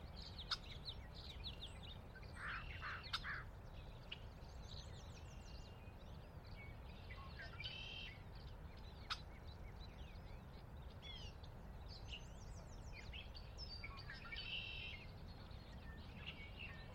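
Sinlahekin Valley dawn chorus: scattered bird calls and trills over a steady low rumble, with a few sharp clicks near 0.5, 3 and 9 seconds.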